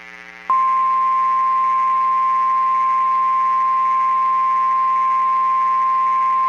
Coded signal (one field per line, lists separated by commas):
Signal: Emergency Alert System (SAME) tones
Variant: 1050 Hz attention tone